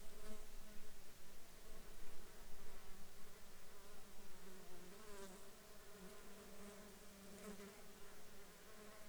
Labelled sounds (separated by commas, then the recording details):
aircraft
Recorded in the Arctic National Wildlife Refuge, Alaska, on 21 June 2019 at 11:25
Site 33